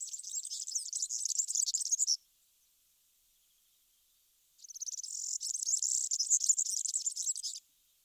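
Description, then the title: European serin song, a very high, fast, jangling buzzy twitter in two bursts, the second about three seconds long, separated by a pause of about two and a half seconds. "Sylvain Jaskowiak - Mes piafs. Serin cini"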